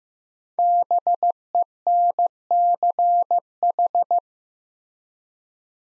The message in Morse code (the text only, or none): BENCH